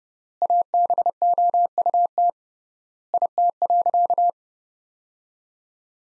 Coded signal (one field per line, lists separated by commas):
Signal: Morse code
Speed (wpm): 30 wpm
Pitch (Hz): 700 Hz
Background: none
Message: ABOUT IT.